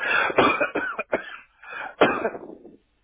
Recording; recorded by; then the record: voluntary cough; telephone call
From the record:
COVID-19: positive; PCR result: checked with the laboratory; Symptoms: yes